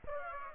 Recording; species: mosquito wingbeat signal from an infrared sensor; Aedes aegypti